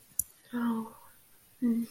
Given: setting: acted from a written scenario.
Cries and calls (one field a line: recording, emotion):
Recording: vocal sound without words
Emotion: sympathy